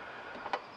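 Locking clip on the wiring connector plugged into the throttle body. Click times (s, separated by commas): 0.5 s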